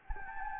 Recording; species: mosquito wingbeat signal from an infrared sensor; Anopheles gambiae